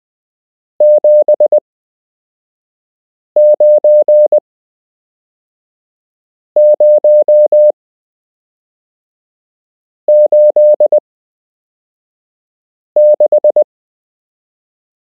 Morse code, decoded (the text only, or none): 79086